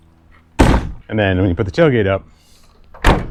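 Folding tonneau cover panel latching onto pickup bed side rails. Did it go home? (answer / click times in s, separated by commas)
yes / 0.6 s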